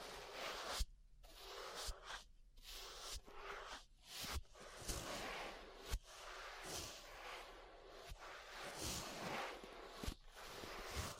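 Ear brushing, a soft continuous swishing and rustling that surges and fades in repeated strokes. Brief sharp taps or clicks punctuate it roughly every second or two, with short near-silent gaps between some strokes, and the sound stays bright and airy throughout.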